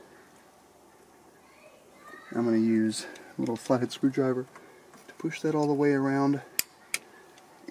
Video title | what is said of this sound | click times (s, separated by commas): Install: Pivot Pegz Mark 3 Foot Pegs BMW R1200GS | clicks into place okay really | 6.6 s, 6.9 s